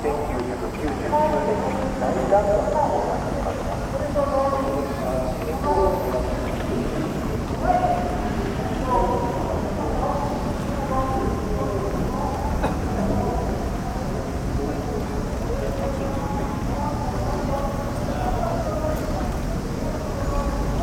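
Crowd ambience at Yasukuni Shrine, Tokyo, with many overlapping voices talking at once in a steady, dense murmur. The level stays even across the recording, over a low continuous rumble, with occasional brief knocks and footsteps rising out of the chatter.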